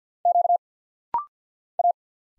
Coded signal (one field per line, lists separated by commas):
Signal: Morse code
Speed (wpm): 50 wpm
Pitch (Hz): 700 Hz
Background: none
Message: Q A